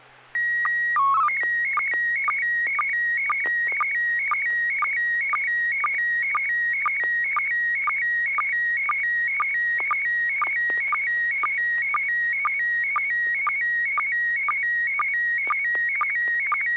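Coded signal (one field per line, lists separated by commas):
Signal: SSTV (slow-scan television)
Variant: PD 120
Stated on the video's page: SSTV net transmissions on an FM repeater at 441.300 MHz in Sacramento, sent with MMSSTV software.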